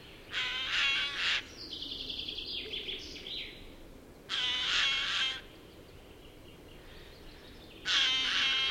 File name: Garrulus glandarius